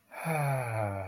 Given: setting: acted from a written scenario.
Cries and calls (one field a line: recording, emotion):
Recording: vocal sound without words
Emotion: ecstasy